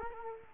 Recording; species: mosquito wingbeat signal from an infrared sensor; Culex quinquefasciatus